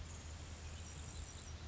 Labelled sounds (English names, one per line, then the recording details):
Grasshopper Sparrow
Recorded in Sonoma County, California